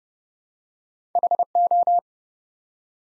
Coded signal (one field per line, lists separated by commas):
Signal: Morse code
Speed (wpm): 30 wpm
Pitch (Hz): 700 Hz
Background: none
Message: HO